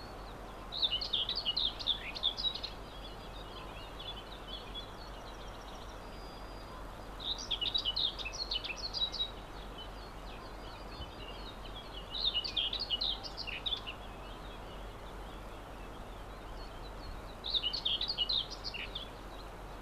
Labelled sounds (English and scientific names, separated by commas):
Common Whitethroat (Sylvia communis) song